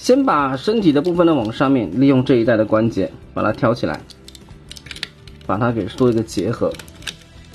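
Someone talks while handling an MB14 L-class Megatron transforming toy, lifting its body by the joints to bring the plastic body section toward its mating section. Brief plastic handling ticks are heard between about 4.3 and 5.0 s and near 7.1 s. Nothing has seated or clicked home yet.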